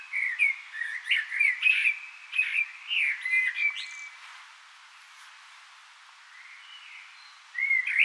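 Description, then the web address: Common blackbird singing: mellow, fluting warbled phrases with high, squeaky twittering trills at their ends, a quiet pause, then a new phrase starting. "SETE Turdus merula"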